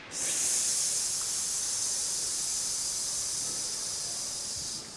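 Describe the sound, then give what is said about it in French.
A choir, during a vocal exercise at rehearsal, sustains a steady, bright hissing on "sh" and "f" consonants for nearly five seconds, fairly loud and even, then cuts off abruptly. No one speaks. “CH. F. Vite, vite, vite, vite, vite.”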